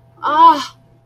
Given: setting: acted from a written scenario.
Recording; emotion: vocal sound without words; awe